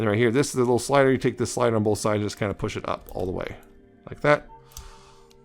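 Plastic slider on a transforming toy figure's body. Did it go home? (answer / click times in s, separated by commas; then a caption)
yes / 4.8 s. Someone talks while pushing a small plastic slider up all the way on both sides of a plastic cassette-robot transforming toy figure (Nemesis Transforms Robot Paradise RP-01C Cassetticons) during its robot-mode transformation. The slider clicks into place at 4.8 s, with a faint tick following at about 5.3 s.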